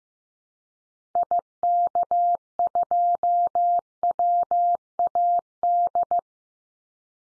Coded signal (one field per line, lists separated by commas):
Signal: Morse code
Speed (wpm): 15 wpm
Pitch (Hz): 700 Hz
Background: none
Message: IK2WAD